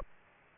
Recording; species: mosquito wingbeat signal from an infrared sensor; Aedes aegypti